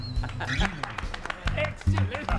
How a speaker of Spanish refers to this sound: Y claro, un aplauso para nuestro señor director. Por favor, aplauso para él. Muy, muy grande. Gracias, gracias por los aplausos.